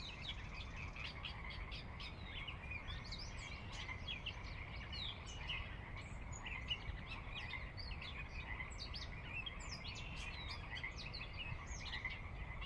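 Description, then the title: Pacific chorus frog chorus, continuous overlapping creaky calls from numerous frogs, even in loudness, against low rumbling background noise. Pacific chorus frogs, ever-present on the valley floor of a glacier-carved valley on the northeastern Cascades slope, Washington, USA; wildlife area with ranch land and refuge; recorded at dusk. "Sinlahekin Valley dusk"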